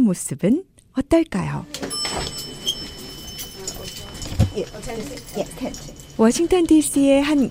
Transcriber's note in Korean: 현장음: 아파트 입구